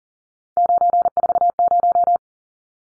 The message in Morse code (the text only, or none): 940